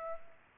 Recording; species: mosquito wingbeat signal from an infrared sensor; Aedes aegypti